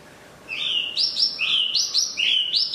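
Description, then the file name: Chinese hwamei song: loud, rich whistled phrases that slide upward in steps, repeated in quick bursts of two or three notes. Used for training cage birds (omkicau). "audio-hwamei-mini-2-omkicau"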